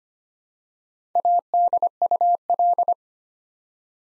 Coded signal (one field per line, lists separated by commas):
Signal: Morse code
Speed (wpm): 25 wpm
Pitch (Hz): 700 Hz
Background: none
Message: ADUL